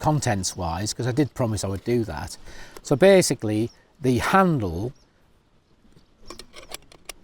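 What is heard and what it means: Someone talks while handling the folding handle of a lightweight S2S Frontier camping pot, which is being swung over to clip onto the pot and lock the lid shut for packing. After the talking stops, a few faint, sharp ticks and rattles are heard near the end. The handle has not clicked into place yet.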